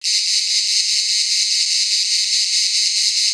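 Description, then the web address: Cicada call: a loud, continuous high buzz, steady throughout without breaks. "Daddy Chronic soundarchiv entry 17 Cicadas"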